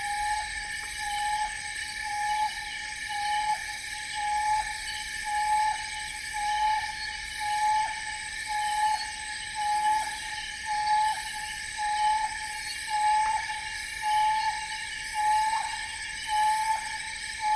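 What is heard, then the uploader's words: Jungle at nightfall: a steady, pulsing insect drone around one pitch, repeating about twice a second, over layered bright buzzing calls. Nightfall In The Congo Jungle. Immersed in a rainforest, far away from people and surrounded by nature. As daylight starts to fade.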